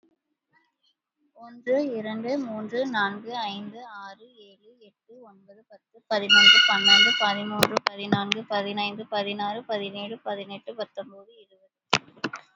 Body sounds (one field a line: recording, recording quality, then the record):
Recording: counting at a fast pace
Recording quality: excellent, no background noise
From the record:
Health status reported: exposed to COVID-19, no respiratory illness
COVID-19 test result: negative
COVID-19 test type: RT-PCR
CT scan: not taken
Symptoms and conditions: cold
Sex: female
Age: 34 years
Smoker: no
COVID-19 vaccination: one dose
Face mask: worn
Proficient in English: yes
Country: India